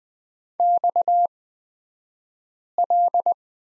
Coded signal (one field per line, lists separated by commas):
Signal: Morse code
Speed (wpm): 20 wpm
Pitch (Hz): 700 Hz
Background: none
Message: XL